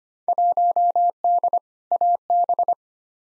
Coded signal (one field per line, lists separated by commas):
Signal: Morse code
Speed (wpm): 25 wpm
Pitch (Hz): 700 Hz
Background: none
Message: 1D AB